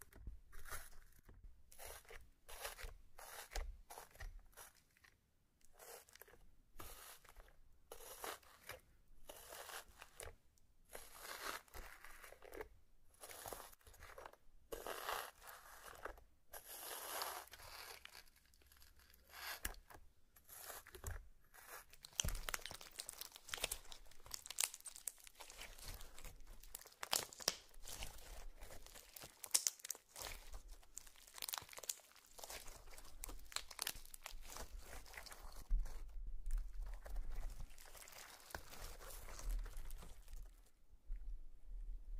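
Sticky slime and crayon sounds crackle and crinkle in dense bursts, broken by brief silences early on, then grow busier and more continuous after twenty seconds.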